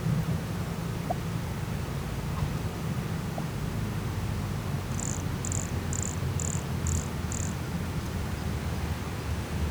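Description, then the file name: Brachycephalus sulfuratus call: six short, shrill notes in a regular run, about two per second, above a constant low hum. Recorded near Jurupara dam on 29 September 2016; the animal was not collected. "Brachycephalus sulfuratus near Jurupara dam not collected 29 set 2016 MRBornschein"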